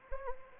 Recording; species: mosquito wingbeat signal from an infrared sensor; Anopheles arabiensis